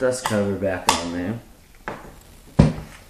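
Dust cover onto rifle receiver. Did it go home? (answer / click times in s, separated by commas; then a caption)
partly / 1.9 s. Someone talks as the steel dust cover is put back onto the receiver of a Zastava M70 OPAP rifle, with a sharp metallic click at 1.9 s and another knock at 2.6 s. The cover is still loose and not seated yet; it needs the side button pressed and a wiggle to pop into place.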